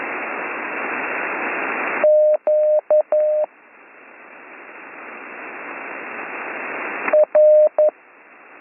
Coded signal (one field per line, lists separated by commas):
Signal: Morse code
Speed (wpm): 11 wpm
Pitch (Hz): 610 Hz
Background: none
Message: Q R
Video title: Slow Morse Code Course - Week 4 - Learn Morse Code